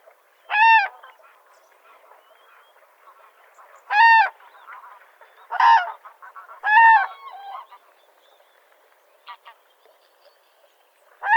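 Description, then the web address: Common crane calls: several loud, trumpeting bugles at irregular intervals, with softer sounds in between. "grus grus call"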